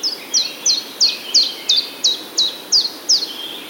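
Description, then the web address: Common chiffchaff song, ten crisp high notes repeated evenly about three times a second, each sharply falling, against faint steady background noise. Recorded on 17 April 2017. "wroblowe kontra pierwiosnek 17 04 2017"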